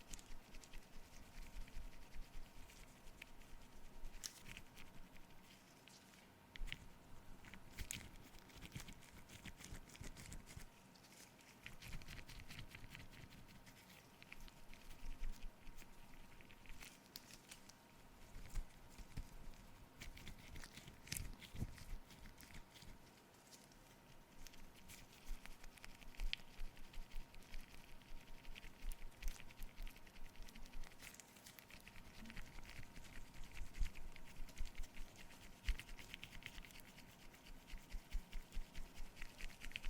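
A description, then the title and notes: Camera cleaning sounds: dense, irregular soft tapping and rubbing patter throughout, with frequent sharp clicks and a faint steady hum underneath. ASMR FACE CLEANING, ASMR ROLE PLAY CLEANING CAMERA, NO TALKING.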